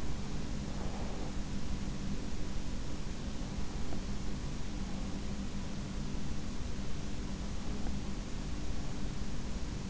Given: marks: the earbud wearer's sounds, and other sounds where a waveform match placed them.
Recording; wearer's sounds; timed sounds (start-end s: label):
sounds in sleep by an in-ear microphone; breath
0.00-1.60 s: breath